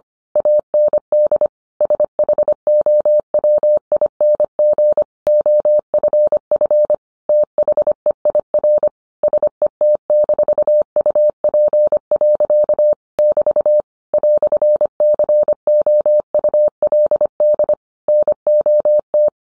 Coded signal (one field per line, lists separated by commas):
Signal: Morse code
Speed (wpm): 25 wpm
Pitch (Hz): 600 Hz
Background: none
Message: AND SHOWING OFF THEIR SET-UP. <BT> "COULD NOT